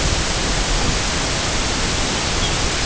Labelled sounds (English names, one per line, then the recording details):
Lapland Longspur
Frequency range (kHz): Lapland Longspur 3.0-4.0 kHz
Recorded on Arctic tundra, site UTQI-0, on 13 June 2019
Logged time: 00:00